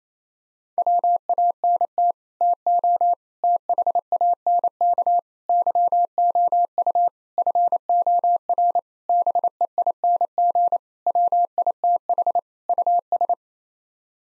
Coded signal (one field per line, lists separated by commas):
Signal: Morse code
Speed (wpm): 28 wpm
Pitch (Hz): 700 Hz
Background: none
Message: WANT TO THANK YOU FOR BEING WITH US